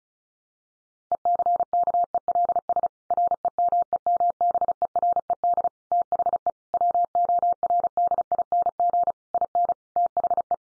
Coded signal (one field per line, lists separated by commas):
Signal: Morse code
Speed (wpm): 34 wpm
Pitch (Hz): 700 Hz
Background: none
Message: ECKELS REMEMBERED THE WORDING IN THE